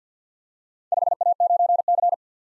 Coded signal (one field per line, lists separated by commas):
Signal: Morse code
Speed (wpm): 47 wpm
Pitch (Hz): 700 Hz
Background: none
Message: 5A9C